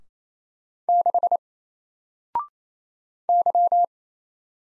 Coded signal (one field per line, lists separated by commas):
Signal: Morse code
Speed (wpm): 27 wpm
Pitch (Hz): 700 Hz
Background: none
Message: 6 Y